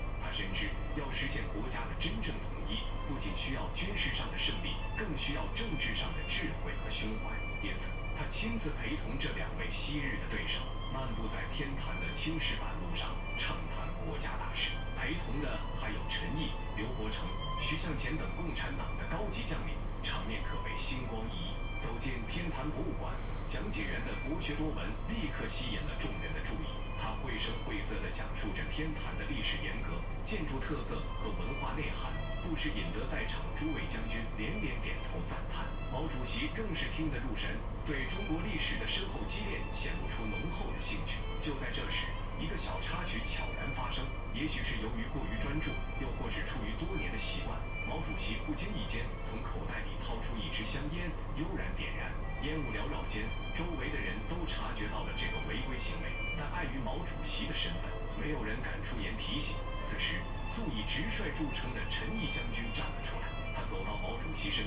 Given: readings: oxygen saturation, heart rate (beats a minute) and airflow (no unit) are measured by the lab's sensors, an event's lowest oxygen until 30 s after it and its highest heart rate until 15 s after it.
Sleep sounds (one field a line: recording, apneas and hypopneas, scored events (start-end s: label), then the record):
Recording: a person awake in a sleep study, by a smartphone at the bedside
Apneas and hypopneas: none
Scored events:
0.00-64.67 s: awake
From the record:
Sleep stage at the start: awake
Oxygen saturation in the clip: 93 to 95%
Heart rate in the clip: 62 to 77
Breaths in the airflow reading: 18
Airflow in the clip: -10.3 to 9.9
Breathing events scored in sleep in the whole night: 476 in 9.7 hours asleep